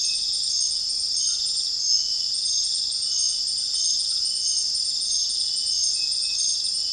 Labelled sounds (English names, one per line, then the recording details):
none
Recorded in dense forest near Puerto Asís, Putumayo, Colombia, on 20 February 2024 at 03:00
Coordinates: 0.481, -76.318
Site G6421